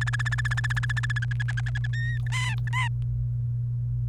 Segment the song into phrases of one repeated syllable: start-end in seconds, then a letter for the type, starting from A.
0.01-1.25 A, 1.31-1.87 B, 1.93-2.18 C, 2.27-2.88 D